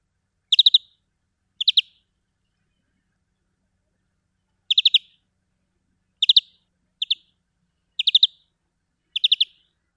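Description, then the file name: European greenfinch calls: seven quick bursts of two to four clipped, chattering notes, spaced irregularly throughout, against a quiet, clean background. "Chloris chloris"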